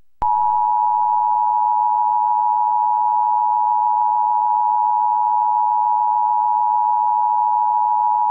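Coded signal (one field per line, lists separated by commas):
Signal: Emergency Alert System (SAME) tones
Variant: 853 and 960 Hz attention tone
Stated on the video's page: Required Monthly Test captured on Xfinity cable, Xfinity X1, a Trilithic EASyPLUS unit and several broadcast television stations.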